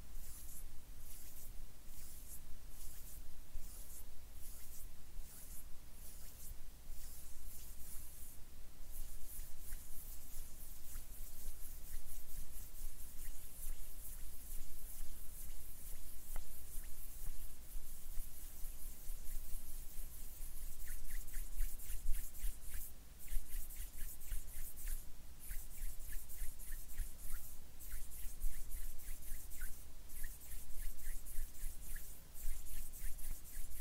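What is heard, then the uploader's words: Hands make quick, dry taps and scrapes, a steady run of short bright clicks over a faint low hum. After about twenty seconds the taps come sharper and more evenly spaced, like fingers drumming or brushing. ASMR HAND SOUNDS NO TALKING.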